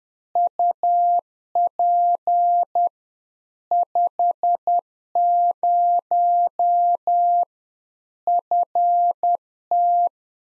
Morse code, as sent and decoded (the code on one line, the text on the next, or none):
..- .--. / ..... ----- / ..-. -
UP 50 FT